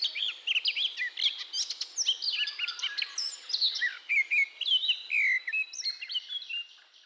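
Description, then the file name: Eurasian blackcap song of rapid, jumbled warbling notes, trailing off softly at the close. "baratposzata"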